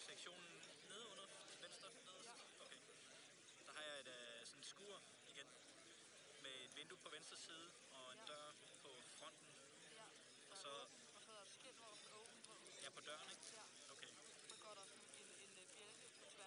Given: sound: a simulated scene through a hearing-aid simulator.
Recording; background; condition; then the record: conversation; cafeteria; 0 dB SNR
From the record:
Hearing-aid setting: II (fast-acting compression, audibility-based gain, advanced features for about 2.5 dB of SNR improvement); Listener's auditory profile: A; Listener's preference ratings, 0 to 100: 58, 54, 38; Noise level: 65 dB SPL